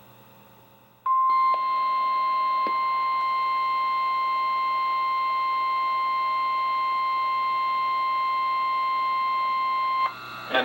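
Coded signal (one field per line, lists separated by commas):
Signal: Emergency Alert System (SAME) tones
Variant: 1050 Hz attention tone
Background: speech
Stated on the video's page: Special marine and severe thunderstorm warnings from NOAA weather radio stations, received on a new radio.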